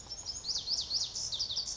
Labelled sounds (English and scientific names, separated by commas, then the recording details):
Lazuli Bunting (Passerina amoena)
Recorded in Sonoma County, California